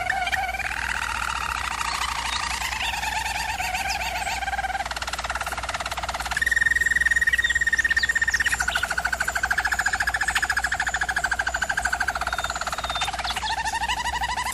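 Bird song of sustained buzzy trills, rising to a louder clear whistled trill in the middle before dropping to a lower rattle, over a steady low hum.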